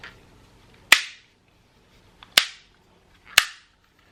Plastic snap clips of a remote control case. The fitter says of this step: let it dry off a little bit and put it back together you'll hear it click back